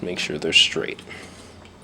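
Someone talks while handling the two plastic arms of a Fansproject Volar transforming robot figure, lining them up so the pegs on one arm go into the opposite arm. Nothing has seated or clicked yet; the sound fades to quiet background after about one second.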